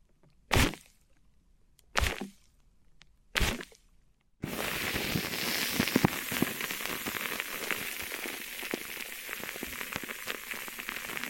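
Tape over the microphones is struck three times in the first few seconds, sharp thumps spaced evenly with near silence between. Just before the five-second mark a dense, crackling scratching begins and continues steadily to the end, like fine rain pattering on a surface.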